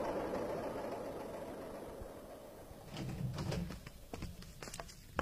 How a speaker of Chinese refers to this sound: 803临窗而立，凝视着土公路上扬起烟尘奔驶而过的载货卡车和手扶拖拉机。